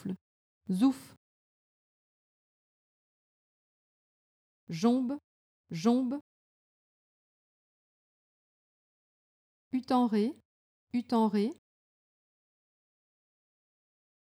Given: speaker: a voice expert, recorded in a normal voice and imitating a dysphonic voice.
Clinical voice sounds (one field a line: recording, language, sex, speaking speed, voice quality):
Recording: pseudo-word pairs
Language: French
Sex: female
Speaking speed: fast speed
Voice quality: normal voice